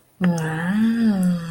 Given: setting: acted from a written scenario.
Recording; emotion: vocal sound without words; desire